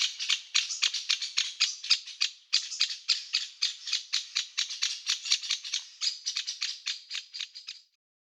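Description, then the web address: Woodpecker calls, a fast series of grating, scratchy notes at roughly four per second, slightly uneven, ending abruptly. "tydzien eko MEDIA dzieciol"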